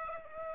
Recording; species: mosquito wingbeat signal from an infrared sensor; Aedes aegypti